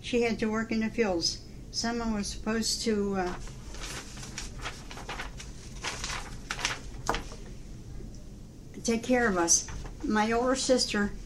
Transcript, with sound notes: She had to work in the fields. Someone was supposed to uh (shuffles papers) take care of us. My older sister